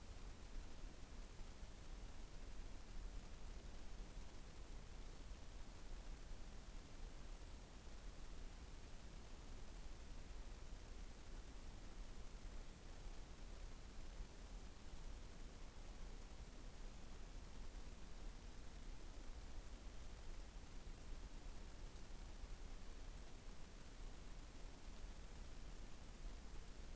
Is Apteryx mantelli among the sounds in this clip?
no